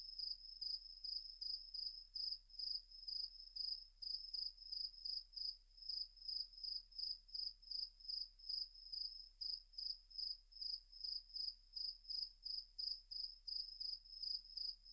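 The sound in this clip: Cricket calling with fast, steady high-pitched chirps, a few each second, continuing throughout without pause.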